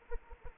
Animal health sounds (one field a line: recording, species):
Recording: mosquito wingbeat signal from an infrared sensor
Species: Anopheles arabiensis